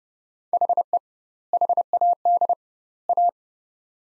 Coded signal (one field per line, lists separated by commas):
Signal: Morse code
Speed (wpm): 30 wpm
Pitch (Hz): 700 Hz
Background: none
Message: HE HAD A